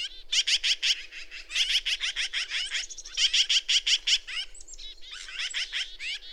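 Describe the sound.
Bird singing quick bursts of rattling, high-pitched notes in several phrases separated by brief pauses, ending with looser twittering.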